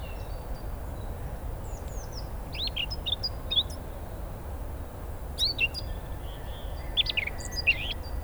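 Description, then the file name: Eurasian blackcap song: short, scattered high twittering phrases at intervals, over a steady low rumble of background noise. "Sylvia atricapilla"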